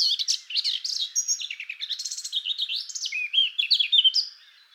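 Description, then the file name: Eurasian blackcap singing a continuous varied warble of quick chattering notes, ending in a few clearer whistled notes. "Fauvette a tete noire"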